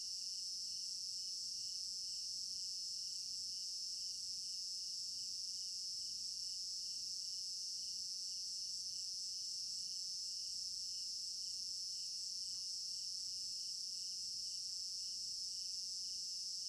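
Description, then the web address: Crickets keep up a constant high ringing trill, steadily pulsing underneath, with a faint click or two near the end. Crickets in an African village garden at night; stereo binaural recording. "African-Village Garden Night Crickets Stereo-Binaural. immersive sound library"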